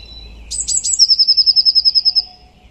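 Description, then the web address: Bird singing a single phrase of a few thin, high introductory notes that run into a quick, evenly pulsed trill. "cianscape birddata Deverinetal 2025 File origin Bird Only Cy Ca"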